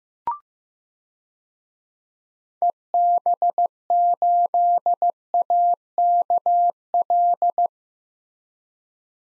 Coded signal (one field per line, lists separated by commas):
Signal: Morse code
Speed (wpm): 15 wpm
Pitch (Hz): 700 Hz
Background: none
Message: EB8AKL